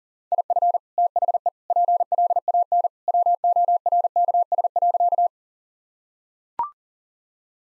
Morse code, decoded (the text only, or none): IF THE PLAN WORKS.